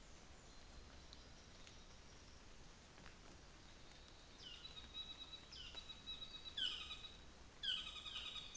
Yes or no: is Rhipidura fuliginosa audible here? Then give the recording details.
no. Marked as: faintness 3/5. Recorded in New Zealand on 24 December 2018. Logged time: 09:00